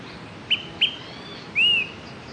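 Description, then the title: Smoke-colored pewee with two crisp pip notes followed by a clear, drawn-out whistle that rises and then droops, background quiet apart from soft hiss. Subspecies zarumae. "LuckyPassaro Completos2Sama. Smoke-colored Pewee (Contopus fumigatus zarumae)"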